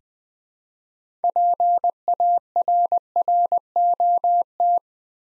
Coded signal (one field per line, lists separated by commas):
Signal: Morse code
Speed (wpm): 20 wpm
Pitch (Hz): 700 Hz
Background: none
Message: PARROT